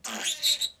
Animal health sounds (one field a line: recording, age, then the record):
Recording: pig call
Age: piglet (1 to 25 days)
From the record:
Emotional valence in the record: negative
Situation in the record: restrain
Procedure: back test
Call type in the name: high-frequency call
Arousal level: maximum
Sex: male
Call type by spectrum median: high-frequency call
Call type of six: mixed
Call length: 0.80 s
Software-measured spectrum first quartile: 3641 Hz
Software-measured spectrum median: 4446 Hz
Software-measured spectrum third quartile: 7477 Hz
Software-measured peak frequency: 3855 Hz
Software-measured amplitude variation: 221 dB a second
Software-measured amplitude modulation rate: 14.3 a second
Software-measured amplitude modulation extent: 15.5 dB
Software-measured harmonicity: 7.9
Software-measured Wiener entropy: -1.96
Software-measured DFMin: 698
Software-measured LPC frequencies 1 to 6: 810, 1676, 2616, 3849, 6276, 6910 Hz